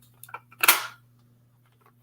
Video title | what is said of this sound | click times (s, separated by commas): D.O.As moms cat got eaten, GMJ, and American Dufus being a DUFUS | you heard that click that's because it fits | 0.6 s